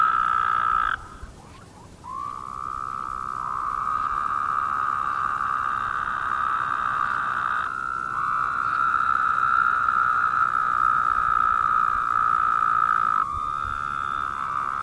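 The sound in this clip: Chorus of Woodhouse's toads, long overlapping buzzy calls that stop briefly near the start, then run on steadily with small shifts in tone.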